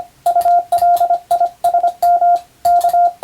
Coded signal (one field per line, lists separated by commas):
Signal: Morse code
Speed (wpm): 25 wpm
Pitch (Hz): 700 Hz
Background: radio noise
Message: ULISM K